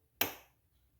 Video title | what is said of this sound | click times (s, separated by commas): Como montar um pc gamer completo passo a passo ( Melhor vídeo do youtube ) | Fez o barulhinho. | 0.2 s